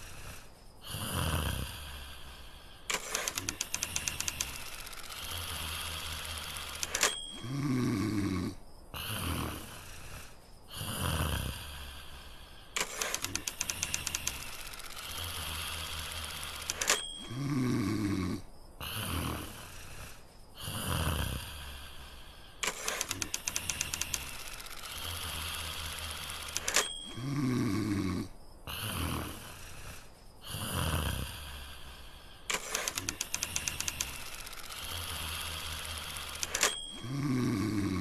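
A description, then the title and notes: Heavy snoring repeats in a steady rhythm, roughly every four to five seconds across the whole stretch. Each breath is a loud, harsh rattle with a throaty low rumble, often ending in a short whistle, followed by a quieter pause before the next. Snoring.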